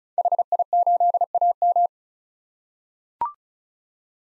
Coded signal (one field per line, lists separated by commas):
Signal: Morse code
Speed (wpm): 34 wpm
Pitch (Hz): 700 Hz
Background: none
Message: HI8AM